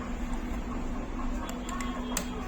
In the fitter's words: வந்ததா சவுண்ட் வந்துச்சுன்னா உங்களுக்கு வந்து லாக் ஆயிடுச்சுன்னு அர்த்தம் இது